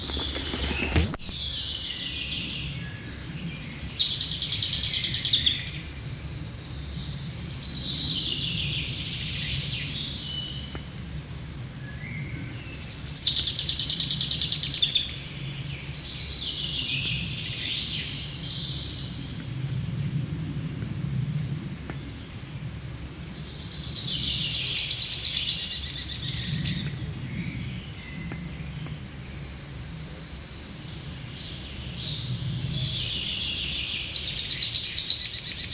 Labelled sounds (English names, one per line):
Common Chaffinch song